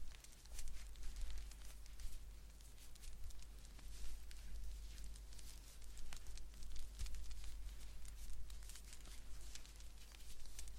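Blanket knitting fills the clip with a steady run of soft rustles and small dry clicks, quick and irregular, bright and crisp on top. A low, constant rumble sits underneath throughout, with slight swells in loudness every couple of seconds.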